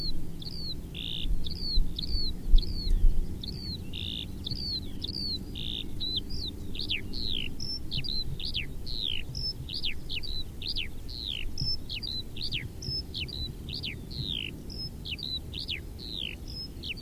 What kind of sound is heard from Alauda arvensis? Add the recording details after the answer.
flight song. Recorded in the wild. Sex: male. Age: adult. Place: Bamberg, Bayern, DE. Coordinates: 49.925, 10.8614. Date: 1963-07-01. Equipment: Nagra, Neumann KM 54 a, Parabolspiegel Grampian, Original, Vollspur. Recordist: Tretzel, Erwin. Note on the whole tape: Männchen: Gesangsabschnitt (Luftaufnahme), Motiventwicklung und Motivsuche (Maindamm bei Hallstadt/Bamberg), Juli 1963